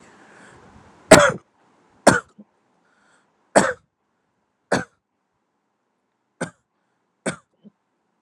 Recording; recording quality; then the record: heavy voluntary cough; excellent, no background noise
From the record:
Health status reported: healthy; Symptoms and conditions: none ticked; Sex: male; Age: 28 years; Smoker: not ticked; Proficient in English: yes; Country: India